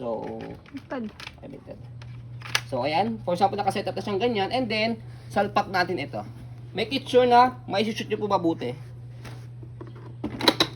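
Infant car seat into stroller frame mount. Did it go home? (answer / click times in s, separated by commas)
yes / 10.5 s, 10.6 s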